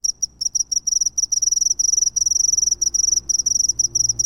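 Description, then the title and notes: Cricket chirping in rapid pulsed bursts, high and shrill, with short gaps between runs of pulses. "Grillo by Kellyn Parra Garcia"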